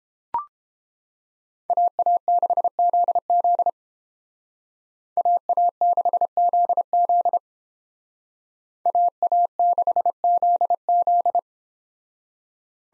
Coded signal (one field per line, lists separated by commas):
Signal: Morse code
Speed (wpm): 31 wpm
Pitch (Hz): 700 Hz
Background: none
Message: AA6ZZ AA6ZZ AA6ZZ